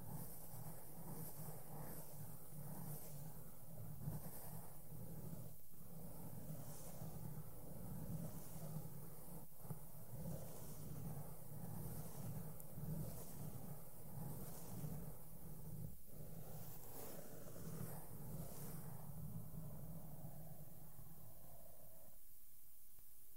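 Makeup brushes sweep over a microphone in a steady, dense rustle with a soft low rumble underneath. Brief thumps of the microphone being touched land at about 5, 9, 16 and 21 seconds, and the brushing thins out and quiets near the end.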